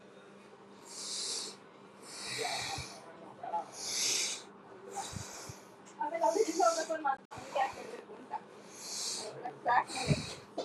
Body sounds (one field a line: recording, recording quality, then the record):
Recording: deep breathing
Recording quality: excellent, no background noise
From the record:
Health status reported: healthy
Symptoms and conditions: none ticked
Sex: male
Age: 18 years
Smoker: not ticked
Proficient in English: yes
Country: India